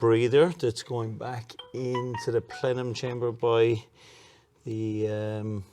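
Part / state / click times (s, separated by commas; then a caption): crankcase breather hose connector into engine intake plenum / not seated / none. A crankcase breather hose connector for the intake plenum beside the throttle body of an E46 M3 is handled while someone talks, with a quiet pause near 4 seconds before the talking resumes. Nothing has seated or clicked yet; the clip ends just before the connector goes home.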